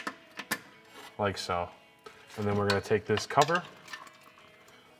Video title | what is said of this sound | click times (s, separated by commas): 2005-2015 4WD Tacoma Front Upper and Lower Control Arms Review & Install | On peut maintenant remettre en place tous les clips. Ceux du faisceau se clipsent facilement, comme ceci. | 0.1 s, 0.4 s, 0.5 s